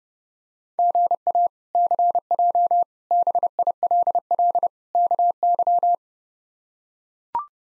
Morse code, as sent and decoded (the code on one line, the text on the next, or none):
--. .- / -.-. .--- / -... .. .-.. .-.. / -.- -.--
GA CJ BILL KY